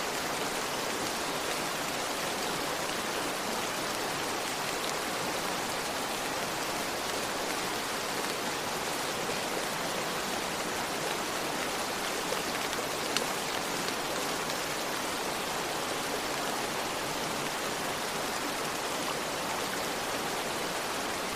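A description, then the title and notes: Steady, dense rain hisses brightly over the constant rush of a river, an unchanging wash of water noise without pauses or distinct events. Rain at the River. Relax with the calming sounds of rainfall at a rushing river.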